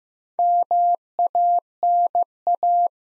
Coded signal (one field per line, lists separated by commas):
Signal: Morse code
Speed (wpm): 15 wpm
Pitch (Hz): 700 Hz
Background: none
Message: MANA